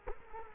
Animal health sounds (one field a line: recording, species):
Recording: mosquito wingbeat signal from an infrared sensor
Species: Culex quinquefasciatus